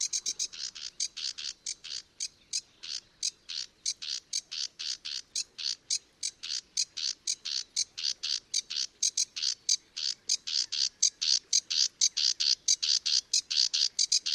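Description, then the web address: Sedge warbler singing a rapid, scratchy run of harsh chattering notes, steady and unbroken. "chant didier collin phragmite des joncs"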